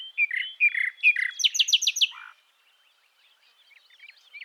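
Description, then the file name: Common nightingale song: repeated short phrases, then a rapid burst of loud sharp notes, followed by quieter scattered chirps. "Luscinia megarhynchos"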